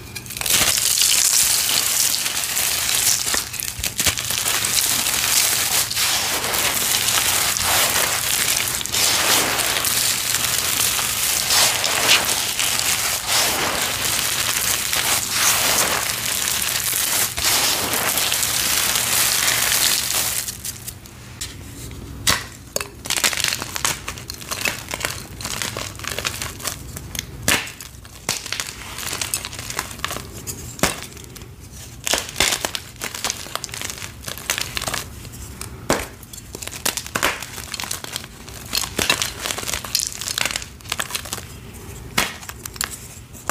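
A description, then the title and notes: Gym chalk is crushed and crumbled in a dense, continuous crinkling rustle for the first twenty seconds, bright and busy with a faint low hum beneath. After that the sound thins into sparser, quieter crunches and scattered clicks until the end. A series of short gym chalk crushing videos.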